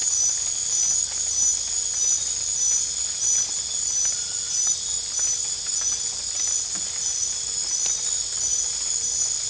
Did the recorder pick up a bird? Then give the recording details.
no. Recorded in dense forest near Puerto Asís, Putumayo, Colombia, on 22 December 2024 at 20:00. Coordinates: 0.484, -76.325. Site G056